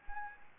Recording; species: mosquito wingbeat signal from an infrared sensor; Anopheles arabiensis